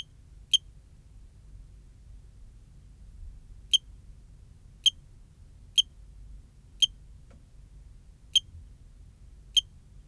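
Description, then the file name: Cricket chirps, short bright high-pitched notes, about eight in all, a long pause early then coming roughly every second over faint low background hum. "Eugrylloides pipiens"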